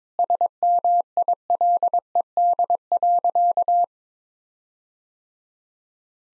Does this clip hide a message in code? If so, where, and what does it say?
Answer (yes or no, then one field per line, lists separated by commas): yes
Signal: Morse code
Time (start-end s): 0.2-3.8 s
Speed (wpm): 22 wpm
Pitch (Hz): 700 Hz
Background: none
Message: SMILED.